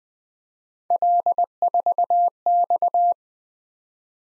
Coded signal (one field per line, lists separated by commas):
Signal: Morse code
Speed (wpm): 20 wpm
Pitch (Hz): 700 Hz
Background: none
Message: L4X